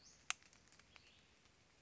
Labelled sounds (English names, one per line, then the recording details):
Western Flycatcher
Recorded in Sonoma County, California